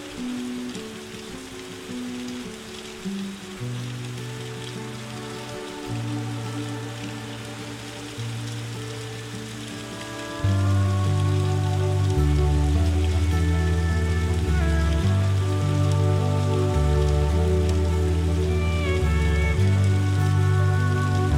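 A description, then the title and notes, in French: Soft, steady rain patters throughout under calm music with sustained low tones that shift chord every couple of seconds. Around ten seconds the music swells louder and fuller, with a deeper bass line and gentle higher notes gliding in above. PLUIE Douce et MUSIQUE Calme.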